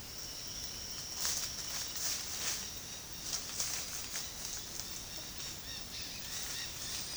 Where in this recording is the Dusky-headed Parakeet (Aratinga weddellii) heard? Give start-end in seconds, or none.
2.01-7.16